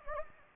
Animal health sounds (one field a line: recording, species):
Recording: mosquito wingbeat signal from an infrared sensor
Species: Anopheles gambiae